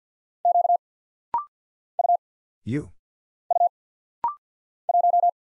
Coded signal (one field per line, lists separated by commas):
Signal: Morse code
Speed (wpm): 48 wpm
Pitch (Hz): 700 Hz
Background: none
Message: Q U U 1